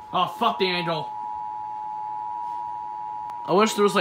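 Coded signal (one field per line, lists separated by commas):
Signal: Emergency Alert System (SAME) tones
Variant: 853 and 960 Hz attention tone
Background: speech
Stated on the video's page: Severe Weather Statement aired on a radio station.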